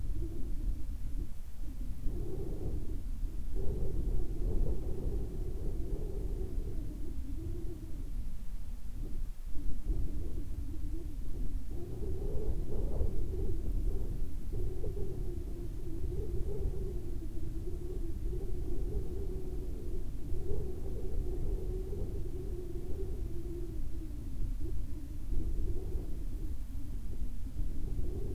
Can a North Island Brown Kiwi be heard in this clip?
no